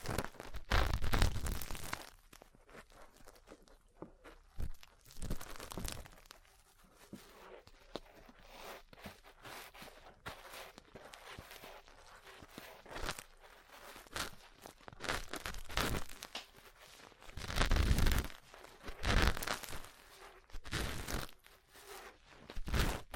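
Ear cleaning and massage sounds: dense, scratchy crackling and rustling that never fully stops, with quick soft taps scattered throughout. Louder crunchy bursts swell up around the first second, near five seconds, and again at about eighteen and twenty seconds.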